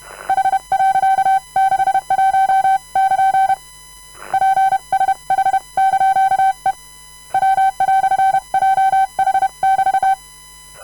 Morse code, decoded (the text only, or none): H.61<KN> PSH)E W"JH<BT>